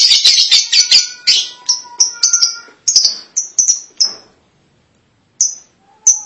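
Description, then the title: Lovebird uttering rapid high squeaky chirps, at first crowded and overlapping, then spaced out and slowing, followed by a pause and two final chirps. "BM Suara Burung Lovebird"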